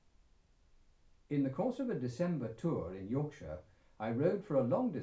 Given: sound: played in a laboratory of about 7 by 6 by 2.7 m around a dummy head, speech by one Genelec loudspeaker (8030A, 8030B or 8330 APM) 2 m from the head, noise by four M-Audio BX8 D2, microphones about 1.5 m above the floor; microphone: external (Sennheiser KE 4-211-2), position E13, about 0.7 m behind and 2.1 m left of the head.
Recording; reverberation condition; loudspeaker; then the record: male speech in English; low; 150 degrees to the left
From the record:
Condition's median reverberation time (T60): about 310 ms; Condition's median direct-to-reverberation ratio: about 3.5 dB